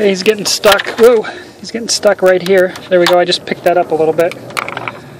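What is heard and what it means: Someone talks while fitting the front airbag crash sensor of a 2004 Nissan Armada into its mounting spot, where it had been getting stuck. After it is lifted slightly, it pops into place with a short, sharp snap at 4.6 s, followed by a few quick small ticks. The sensor is seated and secure, ready to be lined up on the studs.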